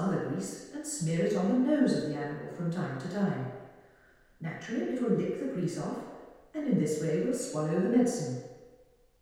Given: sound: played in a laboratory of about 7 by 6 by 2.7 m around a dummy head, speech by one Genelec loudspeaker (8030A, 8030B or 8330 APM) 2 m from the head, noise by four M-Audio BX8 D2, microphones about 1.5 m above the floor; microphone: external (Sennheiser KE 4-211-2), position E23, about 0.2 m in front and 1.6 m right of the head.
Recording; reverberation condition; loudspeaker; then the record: female speech in English; high; 150 degrees to the left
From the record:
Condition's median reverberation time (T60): about 1300 ms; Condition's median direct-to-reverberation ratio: about -4.0 dB